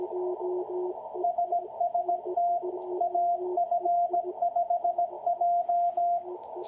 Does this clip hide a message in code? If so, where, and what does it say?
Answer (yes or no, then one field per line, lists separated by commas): yes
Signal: Morse code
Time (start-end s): 1.2-6.2 s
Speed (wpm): 17 wpm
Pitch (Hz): 700 Hz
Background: radio noise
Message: SST AF5J